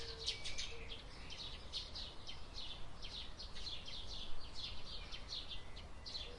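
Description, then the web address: Birds singing in a busy chorus of high, short chirps and trills, with a faint low hum underneath and brief lower tones now and then. Summer birds on a quiet day. "il suono degli uccelli estivi in una giornata tranquilla"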